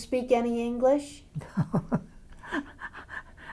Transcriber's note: she laughs